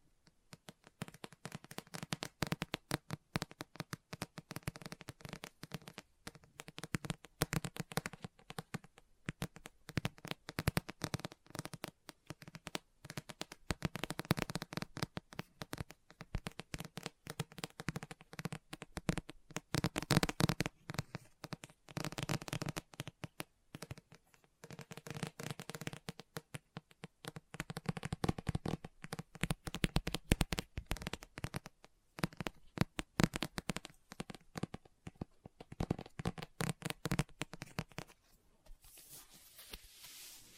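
Quick tapping and scratching on a book go on for the full length, with dense bursts of crisp, dry clicks broken by short quiet gaps. Around 25 seconds there is a softer, brief pause, and then the busy scratching and tapping picks up again, with rustling like pages being turned.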